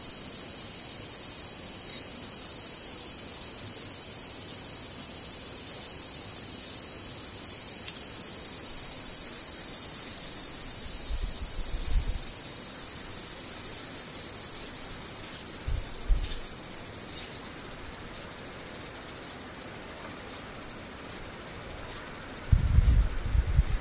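Cicadas drone continuously in a high, hissing buzz that holds steady for the whole clip with little change in level. A few low thumps break in around 11, 16 and 23 seconds, the last one the loudest.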